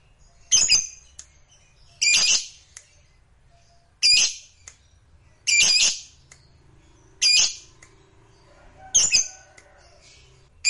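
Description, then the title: Lovebird giving loud, harsh squawks, about six separate bursts spaced roughly every one and a half to two seconds. Lovebird singing with spontaneous excitement, meant to rouse a lazy, quiet lovebird into song. "LOVEBIRD Malas Bunyi JADI GREGET SPONTAN Langsung NARIK"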